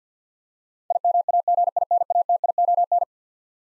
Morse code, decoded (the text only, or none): IMAGINATION